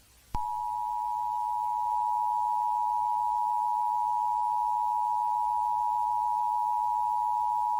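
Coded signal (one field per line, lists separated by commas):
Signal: Emergency Alert System (SAME) tones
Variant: 853 and 960 Hz attention tone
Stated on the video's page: Fictional EAS scenario that may include valid alert tones.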